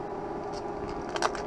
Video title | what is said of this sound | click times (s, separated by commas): Jamie's Versace 3218 with Rx Anti Glare Lenses | push down the lens snaps right in there | 1.2 s